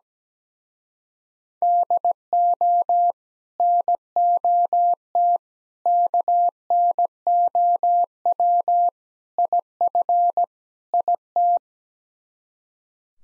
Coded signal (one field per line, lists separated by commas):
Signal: Morse code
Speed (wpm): 17 wpm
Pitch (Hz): 700 Hz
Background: none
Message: DO NOT KNOW IF IT